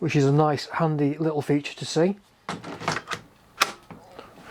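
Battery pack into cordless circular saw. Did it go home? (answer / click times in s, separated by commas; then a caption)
yes / 3.6 s. A lithium-ion battery pack is slid onto the battery mount of an Evolution R165CCS-Li cordless circular saw. Someone talks, then after a short pause a sliding scrape leads to a sharp click at 3.6 s, followed by two fainter clicks. The pack latches and is seated firmly in place.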